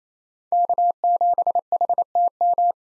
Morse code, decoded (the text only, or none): K7HTM